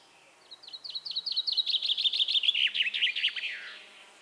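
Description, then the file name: Common chaffinch song starting with spaced notes that quicken into a tumbling trill and end in a brief descending flourish, background otherwise quiet. "Fringilla coelebs"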